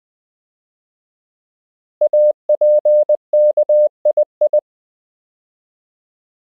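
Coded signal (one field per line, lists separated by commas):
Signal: Morse code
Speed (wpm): 20 wpm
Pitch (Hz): 600 Hz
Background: none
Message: APKII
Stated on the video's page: Koch method lesson 12 drill: English words and ham radio QSO patterns at 20 WPM, generated by a Morse app.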